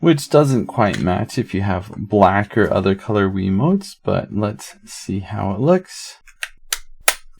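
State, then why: Seated. After talking ends, sharp plastic snaps come at 6.4 and 6.7 s, then the strongest at 7.1 s: seated.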